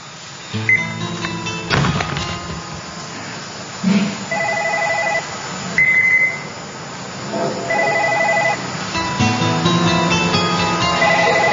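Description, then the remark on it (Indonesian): A telephone rings in repeated bursts of bright, warbling electronic tones, each ring lasting under a second, over a steady background of low rumble and scattered clatter. “gak usah diangkat telepon itu.”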